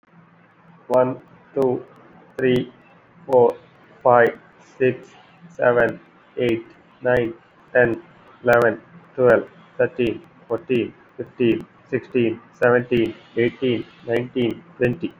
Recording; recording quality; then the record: counting at a normal pace; excellent, no background noise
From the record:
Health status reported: COVID-19 positive, mild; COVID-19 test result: positive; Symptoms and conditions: cough, cold, fever, fatigue, muscle pain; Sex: male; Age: 24 years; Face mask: not worn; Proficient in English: yes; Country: India